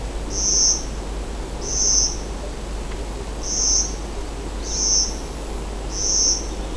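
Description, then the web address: Animal giving short, very high, thin notes, five in all, spaced about every one and a half seconds over a low background rumble. "davidrrobinson Animal Speak"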